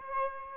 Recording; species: mosquito wingbeat signal from an infrared sensor; Aedes aegypti